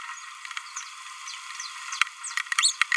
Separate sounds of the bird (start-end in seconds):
2.59-2.76